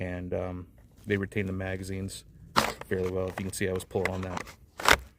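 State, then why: Seated. A rifle magazine is pushed into a kydex insert inside a plate carrier mag pouch after being pulled on hard to show retention. Someone talks through most of the clip, then a sharp click comes at 4.9 seconds as the magazine seats and locks into place.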